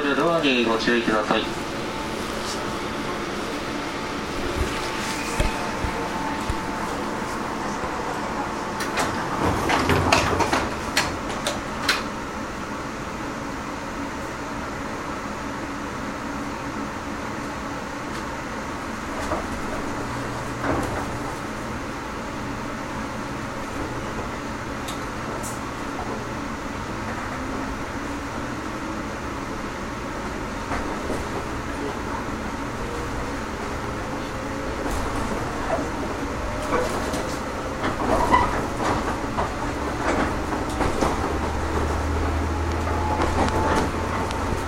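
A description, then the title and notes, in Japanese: Steady rumble inside a running electric local train, with a humming motor tone, rattling bursts near ten seconds, and rail-joint clicks late on. JR九州 415系 日豊線 大分から幸崎まで。JR九州 415系電車の走行音です。日豊線の普通列車で録音しました。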